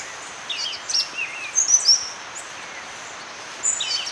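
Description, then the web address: White-winged tanager calls: brief clusters of high, slurred chirps and downward notes, pausing, then resuming, over a steady insect drone. Recorded in Ecuador, South America. "Natures Songs S America Birds of Ecuador White-winged Tanager"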